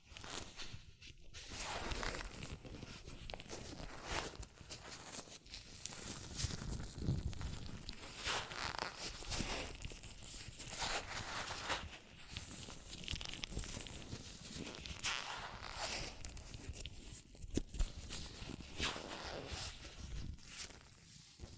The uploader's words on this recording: ASMR Latex Gloves Hand Sounds (No Talking).